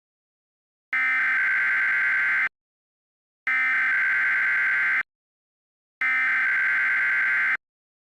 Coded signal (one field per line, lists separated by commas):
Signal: Emergency Alert System (SAME) tones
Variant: header bursts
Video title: EAS Mock: Audio Combination Test